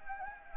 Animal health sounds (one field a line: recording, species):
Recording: mosquito wingbeat signal from an infrared sensor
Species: Anopheles gambiae